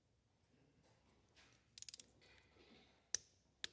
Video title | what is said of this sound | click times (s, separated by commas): How to: Oil Change for a 2015 Husqvarna FE501 (EASY!!) | nice click I always do do them both a couple times just to check | 3.1 s